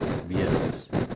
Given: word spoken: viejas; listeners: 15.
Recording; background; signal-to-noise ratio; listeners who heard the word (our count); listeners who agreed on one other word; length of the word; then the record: one Spanish word in noise, from a listening test; noise modulated by three-talker babble; -5.4 dB; 4 of 15; 8 of 15; 0.75 s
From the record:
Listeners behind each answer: 8, 4, 2, 1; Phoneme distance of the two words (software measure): 27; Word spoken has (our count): 2 syllables, 6 phonemes, stress on syllable 1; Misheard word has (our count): 2 syllables, 7 phonemes, stress on syllable 1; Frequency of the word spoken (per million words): 24.97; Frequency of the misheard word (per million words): 83.83